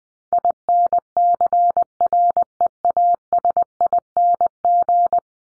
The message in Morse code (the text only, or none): INCREASING